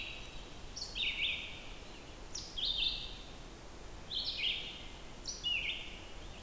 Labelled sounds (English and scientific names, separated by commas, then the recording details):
Red-eyed Vireo (Vireo olivaceus) song
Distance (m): 40 m
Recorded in boreal forest in Alberta, Canada, on 14 June 2016 at 06:56
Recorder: SongMeter 3, array SBT-3-33
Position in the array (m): 132 m, 157 m